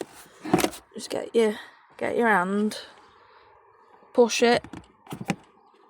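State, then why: Seated. After the cabin filter is replaced, a plastic glove box side stop is pushed back into place in the dashboard glove box opening so the glove box doesn't fall down. Someone talks, and then one sharp click is heard at 5.3 s as the stop seats.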